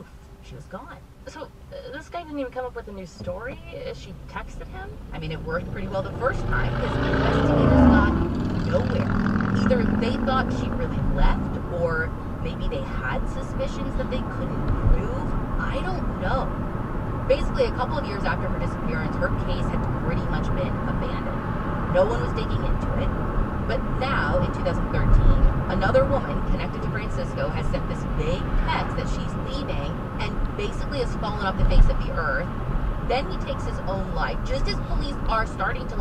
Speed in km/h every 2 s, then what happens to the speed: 0, 0, 0, 6, 16, 29, 40, 50, 56, 60, 63, 64, 64, 64, 64, 63, 58, 55.
0-5 standing. 5-21 pulls away to 64. 21-28 steady at about 64. 28-36 slows to 55.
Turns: none.